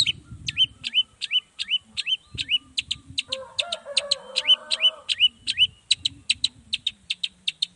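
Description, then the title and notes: Long-tailed shrike singing a fast series of sharp, upward-flicking chirps, about two to three each second, over low rumbling noise and a brief mid-pitched warble. Morning song with a 'toet toet' variation, played to provoke other long-tailed shrikes into responding. "Cendet Gacor Dor Di Kala Pagi Toet Toet Variasi Suara. Burung cendet"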